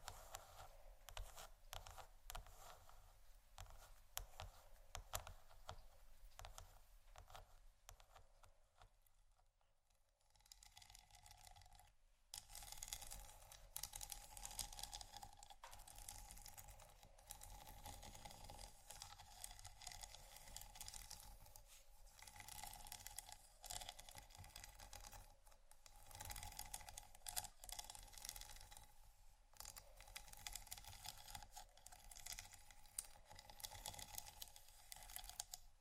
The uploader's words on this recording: ASMR Scratching & Tapping For Sleep（No Talking）.